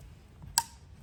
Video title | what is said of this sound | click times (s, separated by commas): HOW TO INSTALL TORP TC1000 ON SURRON ULTRA BED | And then you'll hear the click. | 0.6 s